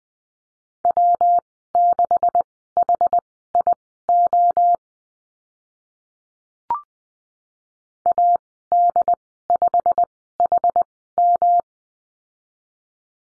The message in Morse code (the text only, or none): W6HIO AD5HM